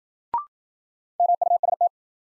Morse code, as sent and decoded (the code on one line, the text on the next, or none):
-- ..- ... -
MUST